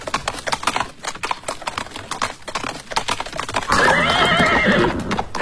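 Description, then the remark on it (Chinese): Horses requisitioned from across France to haul supplies for the French army: a steady run of sharp hoof clip-clops for several seconds, then a loud, shrill horse whinny with wavering pitch rises over the hoofbeats near the end. No one speaks. “当时运输物资的主要工具就是这些从全国征来的马匹。”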